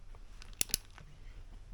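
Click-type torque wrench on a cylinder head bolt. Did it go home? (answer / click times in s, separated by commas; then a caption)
yes / 0.6 s. A click-type torque wrench is pulled to 55 on the next cylinder head bolt of a 1980 Triumph TR7 engine being put back together. A sharp click at 0.6 s is followed by a second, slightly quieter snap at 0.7 s over low background noise. The wrench has clicked at its setting, though the click is sometimes not very loud.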